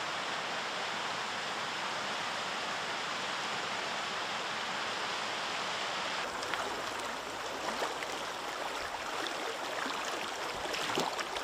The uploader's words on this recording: Enjoy the natural beauty of the mountains of Pike National Forest in Colorado Springs, Colorado.